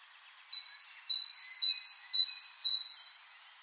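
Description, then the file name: Great tit song: five evenly spaced two-note phrases, each a high note falling to a lower whistle, given in quick succession. "Parus major"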